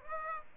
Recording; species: mosquito wingbeat signal from an infrared sensor; Aedes aegypti